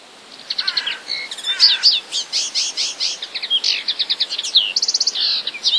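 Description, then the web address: Common linnet song: a lively, varied twittering of quick chirps, short trills and buzzy notes, delivered almost continuously in rapid bursts. "wroblowe kolekcja makolagwa"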